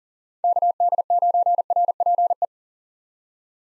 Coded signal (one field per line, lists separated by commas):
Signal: Morse code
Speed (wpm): 40 wpm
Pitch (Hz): 700 Hz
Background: none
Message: KD9RPE